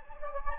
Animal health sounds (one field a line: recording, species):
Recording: mosquito wingbeat signal from an infrared sensor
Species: Anopheles gambiae